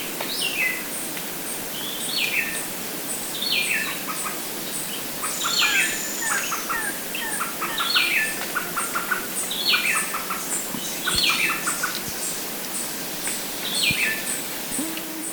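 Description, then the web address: Bar-winged Wood-Wren song: short, clear whistled phrases that drop in pitch, repeated many times, over a high, rapidly pulsed insect-like sound. Ecuador. "Birds of Ecuador. Bar-Winged Wood-Wren"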